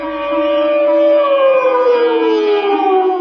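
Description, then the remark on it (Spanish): An alarm signal sounds in an enchanted forest as a fire burns in a nearby forest, a loud, steady siren wail with a slowly falling pitch, its layered harmonic tones sustained for the full length without any break or speech. “Instantáneamente, mientras las llamas se elevaban por los aires y en las iglesias próximas tocaban a rebato para advertir a los vecinos del terrible suceso, en el bosque embrujado sonó la señal de alarma.”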